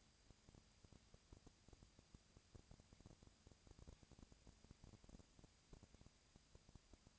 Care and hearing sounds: daily activity, microphone in the room; no activity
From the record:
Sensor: 2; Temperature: 20.1 degrees Celsius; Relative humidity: 35.5%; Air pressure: 996.9 hPa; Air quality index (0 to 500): 197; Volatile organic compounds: 30 ppm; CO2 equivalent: 2958 ppm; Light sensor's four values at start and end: 2/3/2/2 and 2/3/2/2

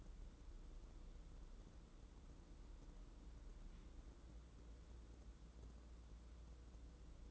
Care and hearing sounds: daily activity, microphone in the room; wipe stove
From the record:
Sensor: 3

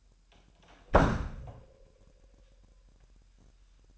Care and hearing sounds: daily activity, microphone in the room; close door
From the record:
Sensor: 2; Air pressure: 998.3 hPa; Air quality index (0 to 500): 138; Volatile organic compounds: 4 ppm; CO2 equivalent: 1565 ppm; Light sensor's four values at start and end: 12/35/14/14 and 12/35/14/14

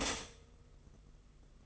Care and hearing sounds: daily activity, microphone in the room; stop toaster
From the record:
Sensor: 4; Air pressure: 992.4 hPa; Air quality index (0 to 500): 144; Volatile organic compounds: 84 ppm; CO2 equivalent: 3639 ppm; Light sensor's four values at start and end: 18/63/23/24 and 18/63/23/24

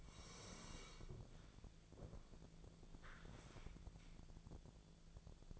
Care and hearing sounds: daily activity, microphone in the room; sit down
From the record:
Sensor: 5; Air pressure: 1000.5 hPa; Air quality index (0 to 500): 146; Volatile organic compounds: 2 ppm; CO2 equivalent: 1128 ppm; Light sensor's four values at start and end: 52/121/51/54 and 52/120/50/54

